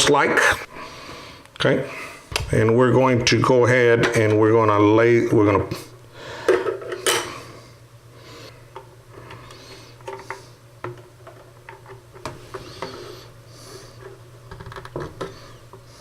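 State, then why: Not seated. A hard drive is handled and pushed toward a drive bay of a Drobo 5D3 Thunderbolt 3 multi-bay external storage enclosure while someone talks, with sharp knocks and scrapes of hard parts at about 1.5, 6.5, 10.3, 10.8 and 12.8 seconds. Nothing has seated or clicked into the bay yet.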